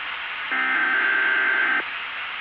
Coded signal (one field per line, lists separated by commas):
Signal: Emergency Alert System (SAME) tones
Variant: header bursts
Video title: EAS Scenario - THEY CAN SEE YOU.